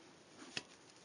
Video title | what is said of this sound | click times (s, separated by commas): Replacing MAP Sensor and Fuel Pressure Regulator on Chrysler 3.3L V6 | there we go that pops right in there | 0.6 s